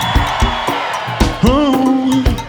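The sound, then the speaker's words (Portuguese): A concert crowd at a 2014 live show in Pelourinho raises hands and shouts and cheers over loud, steadily pounding music, with one long rising-and-falling whoop standing out in the middle. “Ou melhor, quem é do babado, levanta a mão e dá um grito.”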